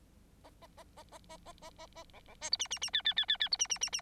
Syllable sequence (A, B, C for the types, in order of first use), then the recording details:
A A A A A A A A A A B B C D E E E F F F F F D E E E E. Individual Bird9